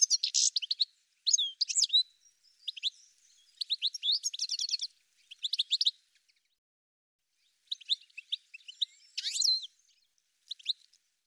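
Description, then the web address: Bird chirping in scattered quick bursts of high, sharp notes, with a long quiet stretch in the middle. "cianscape birddata"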